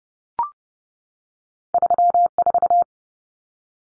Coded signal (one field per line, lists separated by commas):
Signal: Morse code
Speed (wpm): 30 wpm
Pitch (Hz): 700 Hz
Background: none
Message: 34